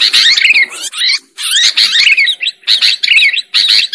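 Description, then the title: Lovebird squeaks in short harsh bursts, loud and high, separated by a few brief silences. Lure sound used for trapping lovebirds. "PIKAT BURUNG LOVEBIRD"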